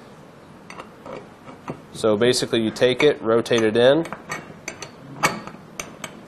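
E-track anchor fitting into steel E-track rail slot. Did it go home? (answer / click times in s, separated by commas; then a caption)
yes / 5.8 s. A spring-lever E-track anchor fitting is rotated into the slot of a steel Erickson 2-slot horizontal E-track rail while someone talks, with light metallic clicks and rattles. When the lever is released, the metal anchor snaps into place with a sharp click at 5.8 s, seating firmly in the slot.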